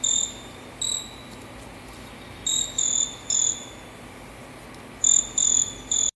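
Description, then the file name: Bird song of short, clear, high whistled notes, given singly or in quick runs of three, over a steady background hiss. "canto do cacula"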